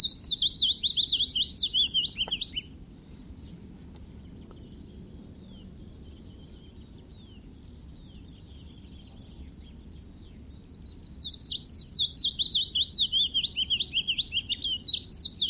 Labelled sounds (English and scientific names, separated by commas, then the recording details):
Willow Warbler (Phylloscopus trochilus) song
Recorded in the wild
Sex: male
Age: adult
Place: Weinstadt, OT Schnait, Beutelsbacher Tal, Baden-Württemberg, DE
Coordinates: 48.8167, 9.36667
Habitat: hillside, shrubbery and trees
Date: 1967-06-05
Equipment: Nagra III PH, MD 421, kleiner englischer Parabolspiegel, LGS26
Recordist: Schneider, Hans-Joachim